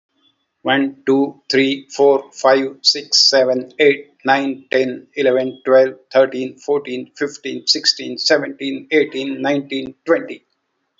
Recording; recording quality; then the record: counting at a fast pace; moderate, slight background noise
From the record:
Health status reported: healthy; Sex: male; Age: 60 years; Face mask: not worn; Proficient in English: yes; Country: India